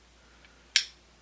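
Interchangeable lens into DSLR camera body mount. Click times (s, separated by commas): 0.8 s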